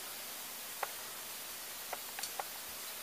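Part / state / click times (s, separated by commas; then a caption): stepper motor cable plug into controller board header / seated / 0.8 s. A blue stepper motor wire plug is pushed into its header on a 3D printer controller board (Eventorbot 1.2) and snaps into place at 0.8 s. A few fainter clicks follow around 1.9 s, 2.2 s and 2.4 s over a steady hiss, and the connector is seated.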